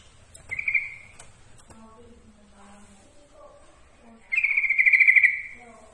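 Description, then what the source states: Yellow-vented bulbul song: a short trilled phrase early on, then a longer rapid rattling trill. Masteran song, for training cage birds to learn the song.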